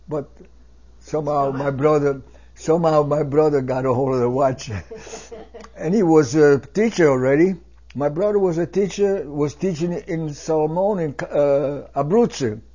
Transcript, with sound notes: But somehow my brother somehow my brother, got a hold of the watch. [laughs and then Mrs. laughs] And he was a teacher already, my brother was a teacher, was teaching in Sulmona, in, uh, Abruzzi,